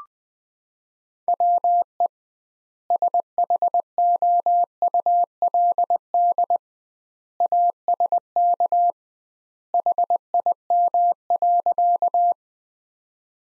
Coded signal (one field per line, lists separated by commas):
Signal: Morse code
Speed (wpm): 21 wpm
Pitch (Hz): 700 Hz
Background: none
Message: WE SHOULD ASK HIM.